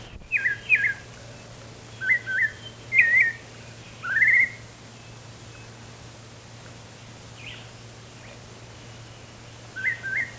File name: White-chinned-Thrush-song Robert-L -Sutton